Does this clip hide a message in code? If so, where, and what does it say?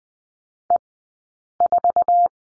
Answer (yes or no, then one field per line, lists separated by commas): yes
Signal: Morse code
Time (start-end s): 0.7-2.3 s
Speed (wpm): 20 wpm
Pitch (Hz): 700 Hz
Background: none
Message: E4